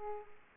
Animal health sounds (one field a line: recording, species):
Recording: mosquito wingbeat signal from an infrared sensor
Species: Aedes aegypti